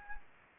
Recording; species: mosquito wingbeat signal from an infrared sensor; Anopheles gambiae